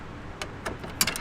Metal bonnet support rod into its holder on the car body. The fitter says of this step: all right and you push that until it clicks